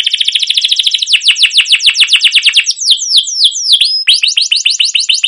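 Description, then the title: Canary singing a rapid high trill that shifts into a series of descending slurred notes, with a brief swooping whistle before the rolling phrases resume. Long, continuous rolling canary song used as a lure to train other canaries to sing. "CUIT CUIT NGEROL LANGSUNG GACOR PANJANG Kenari Ini AMPUH Utk Pancingan KENARI"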